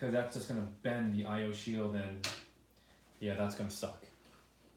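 A metal IO shield is being handled at the rear opening of a PC case for an AMD Ryzen 7 1800X budget build, to be pressed in from the sides and corners rather than the center so it doesn't bend. Someone talks throughout, with only faint handling noise between phrases. Nothing has seated or clicked yet.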